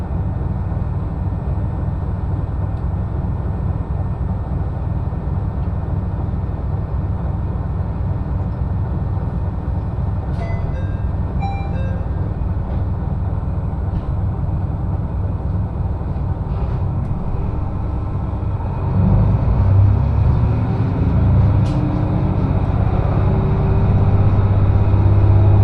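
A train journey on the Echigo Tokimeki Railway, with a steady low rumble of the train running throughout. Around ten to twelve seconds a few brief high chimes or squeals ring out, and near nineteen seconds the rumble grows louder and heavier, with a deeper droning hum.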